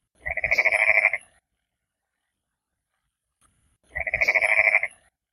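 Amphibian calling in two pulsed bursts about a second long, rapid rattling trills with strong bright harmonics, separated by a few seconds of silence.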